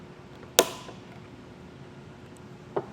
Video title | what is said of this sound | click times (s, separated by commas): etrailer - Setting Up Your Yakima BaseLine Roof Rack Kit - 2017 Honda Fit | you'll just want to turn it until you hear click | 0.6 s